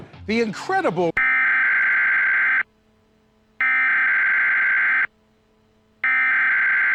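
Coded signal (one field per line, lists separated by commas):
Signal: Emergency Alert System (SAME) tones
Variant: header bursts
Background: speech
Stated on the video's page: Fictional sun-outage scenario SAME alert.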